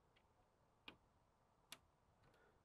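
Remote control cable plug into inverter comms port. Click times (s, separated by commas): 1.7 s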